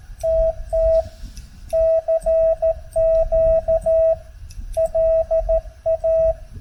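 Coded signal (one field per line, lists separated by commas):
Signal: Morse code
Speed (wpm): 13 wpm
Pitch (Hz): 650 Hz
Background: radio noise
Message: TT CQ LA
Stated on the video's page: Heard during a park activation in North Carolina; the station met there was operating FT8 with portable gear.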